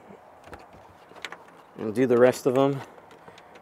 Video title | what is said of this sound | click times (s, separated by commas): The NEW TRD PRO V2 Grille How To Install & Wire Onto A Toyota Tacoma - Is It Better Then V1? | push them in make sure it clicks | 1.2 s